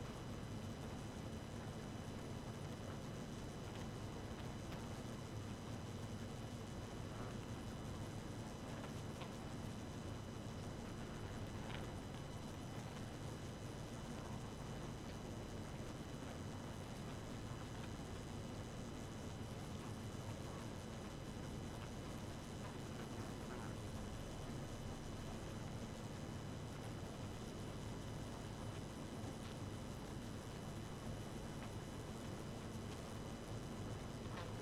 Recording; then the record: honeybee colony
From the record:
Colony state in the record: active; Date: 12 June 2018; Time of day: 1:54